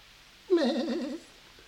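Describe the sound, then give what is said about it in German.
A goat lets out one quavering bleat, a bright, wavering cry lasting under a second, heard alone with no voices around it. “Nein, halt nicht die Ziege.”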